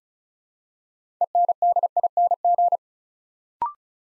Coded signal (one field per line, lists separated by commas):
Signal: Morse code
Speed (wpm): 36 wpm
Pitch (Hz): 700 Hz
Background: none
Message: ENDING